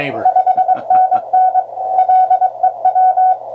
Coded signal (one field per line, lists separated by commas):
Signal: Morse code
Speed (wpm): 19 wpm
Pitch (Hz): 740 Hz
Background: speech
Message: 5NN LEW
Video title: QCX qrp tranciever